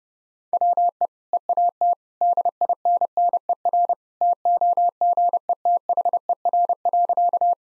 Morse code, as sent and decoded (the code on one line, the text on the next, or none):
.-- . / . .- - / -.. .. -. -. . .-. / - --- --. . - .... . .-. .-.-.-
WE EAT DINNER TOGETHER.